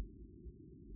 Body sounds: neck accelerometer signal played as sound; no cough (speech, laughter, throat clearing or background)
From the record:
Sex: female

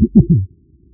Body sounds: neck accelerometer signal played as sound; no cough (speech, laughter, throat clearing or background)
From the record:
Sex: male

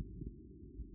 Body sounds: neck accelerometer signal played as sound; no cough (speech, laughter, throat clearing or background)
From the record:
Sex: female

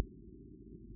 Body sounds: neck accelerometer signal played as sound; no cough (speech, laughter, throat clearing or background)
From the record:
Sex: female

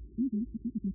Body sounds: neck accelerometer signal played as sound; no cough (speech, laughter, throat clearing or background)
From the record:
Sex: male

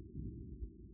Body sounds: neck accelerometer signal played as sound; no cough (speech, laughter, throat clearing or background)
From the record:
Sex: male

